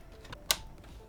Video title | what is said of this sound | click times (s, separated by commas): HYTE Y70 Touch Infinite White Step-by-Step Guide on How To Build a Gaming PC 9950X3D + RTX 5090 | and go ahead and start connecting them in you should hear a nice little click | 0.5 s